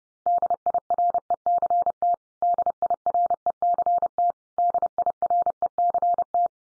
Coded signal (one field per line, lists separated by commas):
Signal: Morse code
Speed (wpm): 30 wpm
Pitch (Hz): 700 Hz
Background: none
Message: DIRECT DIRECT DIRECT